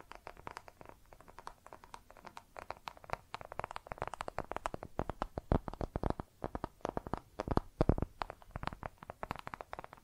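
Rapid tapping and scratching on makeup, with quick clicks and scrapes following one another in a dense, irregular run for the whole ten seconds. The sounds sit mostly in the middle range with crisp, bright edges, and a few taps near the middle and end land harder.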